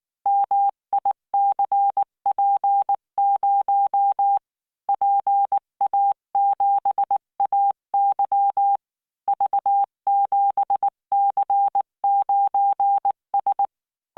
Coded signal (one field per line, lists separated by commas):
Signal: Morse code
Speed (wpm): 19 wpm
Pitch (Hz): 800 Hz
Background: none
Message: MICP0 PA7AY V7C9S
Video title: tamanのモールス練習動画15（モールス信号 速度19WPM スペース標準）Learn Morse Code